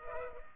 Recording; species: mosquito wingbeat signal from an infrared sensor; Culex pipiens